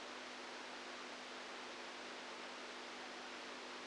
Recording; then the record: brain microelectrode recording played as sound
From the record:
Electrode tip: outside the subthalamic nucleus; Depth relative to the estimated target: 2 mm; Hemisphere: right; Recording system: NeuroSet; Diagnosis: Parkinson's disease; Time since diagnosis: 10 years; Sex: female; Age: 67 years